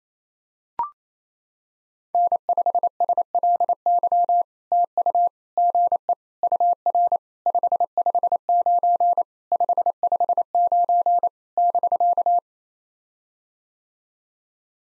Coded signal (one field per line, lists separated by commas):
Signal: Morse code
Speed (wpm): 27 wpm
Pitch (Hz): 700 Hz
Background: none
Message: N5SLY TU GE UR 559 559 <BK>